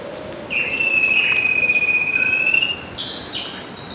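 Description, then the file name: Bird call: a long, steady whistled note held for about two seconds, falling slightly then lifting at the end, over a constant high insect drone. "SABIOD 50 bird 2015"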